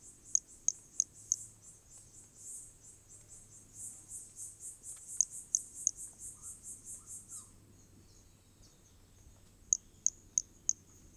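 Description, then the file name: Hermogenes' pumpkin toadlet giving short groups of high chirps, partly overlapped by a loud rhythmic pulsing insect buzz for several seconds, then three more clear chirps. Recorded specimen from Corcovado; notes mention specimen one and two, starting notes lost, recorded without interruption. "MHNCI Brachy hermogenesi Corcovado specimen one two starting notes lost without interruption"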